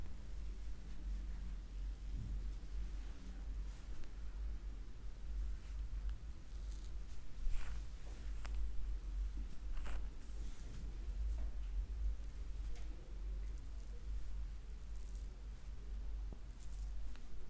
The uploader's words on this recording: ASMR female neck, back, head and scalp massage for deep sleep.